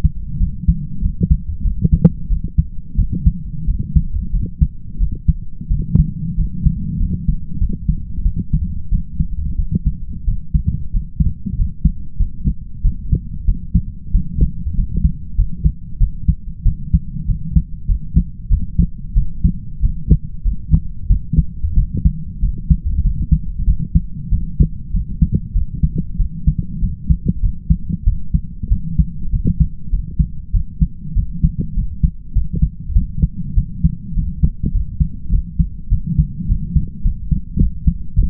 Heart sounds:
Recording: heart sounds by stethoscope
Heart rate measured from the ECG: 95 bpm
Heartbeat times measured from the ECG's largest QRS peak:
0.38 s: heartbeat
1.01 s: heartbeat
1.63 s: heartbeat
2.28 s: heartbeat
2.96 s: heartbeat
3.66 s: heartbeat
4.31 s: heartbeat
4.98 s: heartbeat
5.68 s: heartbeat
6.35 s: heartbeat
6.98 s: heartbeat
7.59 s: heartbeat
8.23 s: heartbeat
8.90 s: heartbeat
9.56 s: heartbeat
10.25 s: heartbeat
10.91 s: heartbeat
11.56 s: heartbeat
12.17 s: heartbeat
12.82 s: heartbeat
13.45 s: heartbeat
14.12 s: heartbeat
14.75 s: heartbeat
15.36 s: heartbeat
15.98 s: heartbeat
16.64 s: heartbeat
17.26 s: heartbeat
17.87 s: heartbeat
18.49 s: heartbeat
19.14 s: heartbeat
19.81 s: heartbeat
20.43 s: heartbeat
21.08 s: heartbeat
21.75 s: heartbeat
22.41 s: heartbeat
23.02 s: heartbeat
23.65 s: heartbeat
24.30 s: heartbeat
24.92 s: heartbeat
25.53 s: heartbeat
26.17 s: heartbeat
26.80 s: heartbeat
27.41 s: heartbeat
28.05 s: heartbeat
28.69 s: heartbeat
29.31 s: heartbeat
29.90 s: heartbeat
30.52 s: heartbeat
31.14 s: heartbeat
31.75 s: heartbeat
32.33 s: heartbeat
32.93 s: heartbeat
33.55 s: heartbeat
34.14 s: heartbeat
34.72 s: heartbeat
35.30 s: heartbeat
35.89 s: heartbeat
36.47 s: heartbeat
37.03 s: heartbeat
37.58 s: heartbeat
38.15 s: heartbeat
From the record:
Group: healthy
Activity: light exercise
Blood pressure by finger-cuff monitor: 103/57 mmHg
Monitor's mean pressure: 71 mmHg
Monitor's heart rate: 95 bpm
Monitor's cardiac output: 7.2 L/min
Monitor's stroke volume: 75 mL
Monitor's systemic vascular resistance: 710 dyn s/cm5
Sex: male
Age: 20 years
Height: 167 cm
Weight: 61 kg

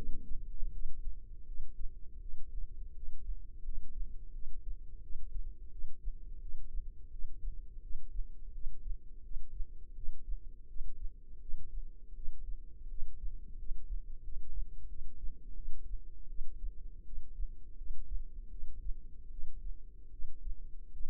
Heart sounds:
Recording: heart sounds by microphone in the left ear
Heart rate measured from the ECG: 83 bpm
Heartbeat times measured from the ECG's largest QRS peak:
0.72 s: heartbeat
1.46 s: heartbeat
2.20 s: heartbeat
2.94 s: heartbeat
3.63 s: heartbeat
4.33 s: heartbeat
5.01 s: heartbeat
5.70 s: heartbeat
6.40 s: heartbeat
7.10 s: heartbeat
7.81 s: heartbeat
8.52 s: heartbeat
9.22 s: heartbeat
9.94 s: heartbeat
10.67 s: heartbeat
11.40 s: heartbeat
12.14 s: heartbeat
12.88 s: heartbeat
13.57 s: heartbeat
14.22 s: heartbeat
14.88 s: heartbeat
15.54 s: heartbeat
16.28 s: heartbeat
17.04 s: heartbeat
17.76 s: heartbeat
18.50 s: heartbeat
19.30 s: heartbeat
20.11 s: heartbeat
20.91 s: heartbeat
From the record:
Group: healthy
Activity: rest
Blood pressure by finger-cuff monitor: 87/51 mmHg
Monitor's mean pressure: 65 mmHg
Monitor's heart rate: 83 bpm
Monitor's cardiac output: 7.9 L/min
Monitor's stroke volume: 91 mL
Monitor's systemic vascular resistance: 590 dyn s/cm5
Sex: female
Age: 22 years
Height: 161 cm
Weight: 65.5 kg

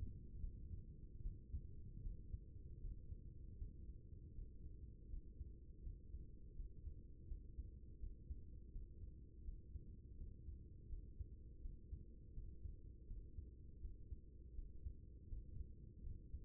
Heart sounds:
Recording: heart sounds by stethoscope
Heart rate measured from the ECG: 81 bpm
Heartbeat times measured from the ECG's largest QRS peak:
0.40 s: heartbeat
1.22 s: heartbeat
2.02 s: heartbeat
2.80 s: heartbeat
3.58 s: heartbeat
4.34 s: heartbeat
5.09 s: heartbeat
5.82 s: heartbeat
6.55 s: heartbeat
7.27 s: heartbeat
7.99 s: heartbeat
8.71 s: heartbeat
9.44 s: heartbeat
10.16 s: heartbeat
10.88 s: heartbeat
11.61 s: heartbeat
12.33 s: heartbeat
13.06 s: heartbeat
13.80 s: heartbeat
14.54 s: heartbeat
15.28 s: heartbeat
16.02 s: heartbeat
From the record:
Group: healthy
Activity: Valsalva maneuver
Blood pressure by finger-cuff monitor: 112/75 mmHg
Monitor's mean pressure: 87 mmHg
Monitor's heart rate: 82 bpm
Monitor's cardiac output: 6.1 L/min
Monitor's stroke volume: 73 mL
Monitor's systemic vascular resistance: 1080 dyn s/cm5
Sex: female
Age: 24 years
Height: 163 cm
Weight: 55.7 kg

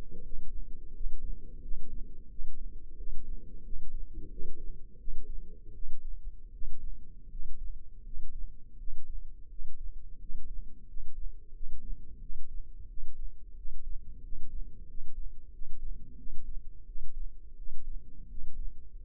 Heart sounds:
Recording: heart sounds by microphone in the left ear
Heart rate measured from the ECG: 86 bpm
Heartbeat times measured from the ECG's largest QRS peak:
0.22 s: heartbeat
0.92 s: heartbeat
1.60 s: heartbeat
2.28 s: heartbeat
2.96 s: heartbeat
3.62 s: heartbeat
4.29 s: heartbeat
4.97 s: heartbeat
5.73 s: heartbeat
6.51 s: heartbeat
7.29 s: heartbeat
8.03 s: heartbeat
8.77 s: heartbeat
9.48 s: heartbeat
10.18 s: heartbeat
10.86 s: heartbeat
11.52 s: heartbeat
12.19 s: heartbeat
12.87 s: heartbeat
13.55 s: heartbeat
14.21 s: heartbeat
14.86 s: heartbeat
15.51 s: heartbeat
16.16 s: heartbeat
16.85 s: heartbeat
17.55 s: heartbeat
18.27 s: heartbeat
18.95 s: heartbeat
From the record:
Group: healthy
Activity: cold pressor test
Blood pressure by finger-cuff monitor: 135/74 mmHg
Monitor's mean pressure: 91 mmHg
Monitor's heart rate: 88 bpm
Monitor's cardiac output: 9 L/min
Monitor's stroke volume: 103 mL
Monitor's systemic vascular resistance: 720 dyn s/cm5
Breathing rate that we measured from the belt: 17 breaths a minute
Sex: male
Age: 24 years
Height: 184 cm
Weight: 89 kg

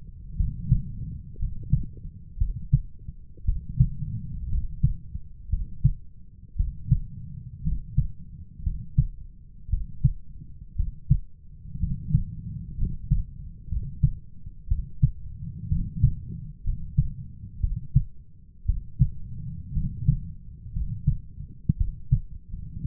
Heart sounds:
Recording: heart sounds by stethoscope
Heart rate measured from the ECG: 59 bpm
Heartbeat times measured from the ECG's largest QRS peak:
0.36 s: heartbeat
1.38 s: heartbeat
2.37 s: heartbeat
3.45 s: heartbeat
4.49 s: heartbeat
5.49 s: heartbeat
6.56 s: heartbeat
7.63 s: heartbeat
8.63 s: heartbeat
9.69 s: heartbeat
10.75 s: heartbeat
11.79 s: heartbeat
12.77 s: heartbeat
13.68 s: heartbeat
14.67 s: heartbeat
15.68 s: heartbeat
16.63 s: heartbeat
17.60 s: heartbeat
18.65 s: heartbeat
19.73 s: heartbeat
20.72 s: heartbeat
21.77 s: heartbeat
22.85 s: heartbeat
From the record:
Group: healthy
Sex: male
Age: 23 years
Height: 178 cm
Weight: 96.6 kg

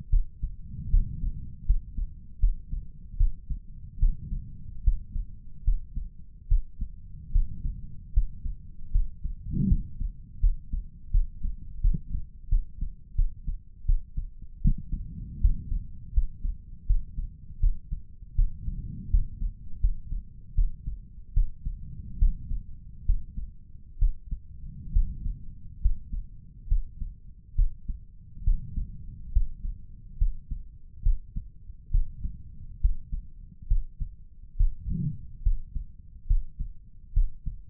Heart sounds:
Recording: heart sounds by stethoscope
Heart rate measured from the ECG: 75 bpm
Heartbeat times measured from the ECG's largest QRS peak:
0.09 s: heartbeat
0.90 s: heartbeat
1.65 s: heartbeat
2.39 s: heartbeat
3.17 s: heartbeat
3.99 s: heartbeat
4.83 s: heartbeat
5.64 s: heartbeat
6.48 s: heartbeat
7.32 s: heartbeat
8.13 s: heartbeat
8.91 s: heartbeat
9.68 s: heartbeat
10.40 s: heartbeat
11.11 s: heartbeat
11.81 s: heartbeat
12.49 s: heartbeat
13.15 s: heartbeat
13.85 s: heartbeat
14.61 s: heartbeat
15.40 s: heartbeat
16.13 s: heartbeat
16.86 s: heartbeat
17.60 s: heartbeat
18.35 s: heartbeat
19.10 s: heartbeat
19.80 s: heartbeat
20.54 s: heartbeat
21.33 s: heartbeat
22.18 s: heartbeat
23.05 s: heartbeat
23.98 s: heartbeat
24.92 s: heartbeat
25.81 s: heartbeat
26.68 s: heartbeat
27.55 s: heartbeat
28.43 s: heartbeat
29.32 s: heartbeat
30.17 s: heartbeat
31.02 s: heartbeat
31.90 s: heartbeat
32.80 s: heartbeat
33.67 s: heartbeat
34.56 s: heartbeat
35.42 s: heartbeat
36.26 s: heartbeat
37.13 s: heartbeat
From the record:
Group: healthy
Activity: rest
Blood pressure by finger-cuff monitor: 163/103 mmHg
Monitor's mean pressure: 121 mmHg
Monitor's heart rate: 71 bpm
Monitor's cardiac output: 5.5 L/min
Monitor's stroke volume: 74 mL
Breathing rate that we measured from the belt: 18 breaths a minute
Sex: male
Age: 35 years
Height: 178 cm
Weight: 64 kg

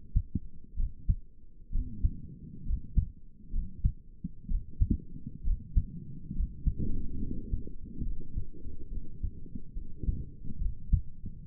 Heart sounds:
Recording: heart sounds by stethoscope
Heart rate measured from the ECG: 67 bpm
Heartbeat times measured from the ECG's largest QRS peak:
0.78 s: heartbeat
1.73 s: heartbeat
2.66 s: heartbeat
3.53 s: heartbeat
4.49 s: heartbeat
5.45 s: heartbeat
6.36 s: heartbeat
7.22 s: heartbeat
8.06 s: heartbeat
8.92 s: heartbeat
9.76 s: heartbeat
10.61 s: heartbeat
From the record:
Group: healthy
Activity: rest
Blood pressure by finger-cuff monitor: 93/53 mmHg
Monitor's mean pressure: 67 mmHg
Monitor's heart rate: 65 bpm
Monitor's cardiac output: 6.6 L/min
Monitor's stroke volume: 101 mL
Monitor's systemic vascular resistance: 720 dyn s/cm5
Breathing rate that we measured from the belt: 18 breaths a minute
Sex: male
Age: 22 years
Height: 181 cm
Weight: 79 kg

